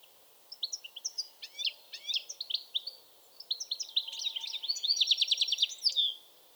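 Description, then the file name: European goldfinch song, starting with spaced tinkling notes that build into a fast, buzzy, jangling trill before ending on a slurred note. "Carduelis carduelis"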